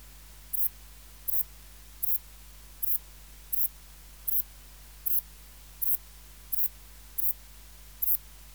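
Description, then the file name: Saddle-backed bush-cricket: eleven short, sharp high-frequency chirps at a regular pace, with a faint continuous low hum throughout. "Ephippiger cruciger"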